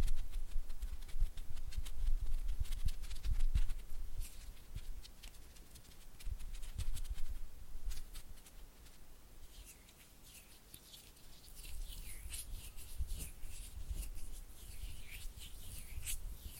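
Oily hand and fluttering finger sounds: wet, slippery rubbing with quick taps and low thumps, louder early, then softer with bright squishy flicks.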